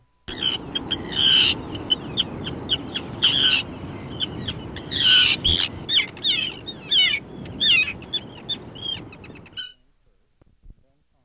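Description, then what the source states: Common Tern giving a series of short, musical kr calls at irregular intervals over steady background noise. Abbreviated call is a more musical kr.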